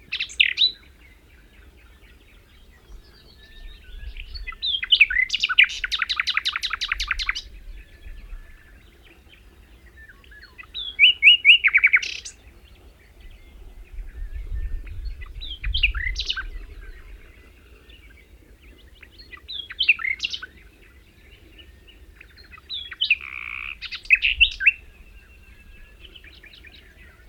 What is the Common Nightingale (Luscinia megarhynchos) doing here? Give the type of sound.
song